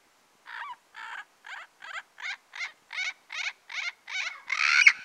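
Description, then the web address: Turquoise-fronted amazon calls: a steady series of about ten short grating squawks, roughly two per second, ending in a louder drawn-out screech. Recorded in the Pantanal, Brazil. "sescpantanal. Papagaio verdadeiro"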